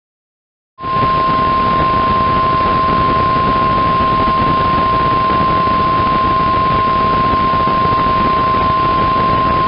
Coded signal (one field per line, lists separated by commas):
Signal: Emergency Alert System (SAME) tones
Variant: 1050 Hz attention tone